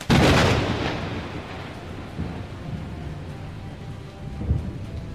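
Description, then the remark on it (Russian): A sharp, loud thunderclap opens, then rolls off into a low rumble over the steady hiss of a heavy tropical downpour. Fainter rumbles return near the end while the downpour keeps pouring. “На его счастье, ливень прекратился так же неожиданно, как и начался.”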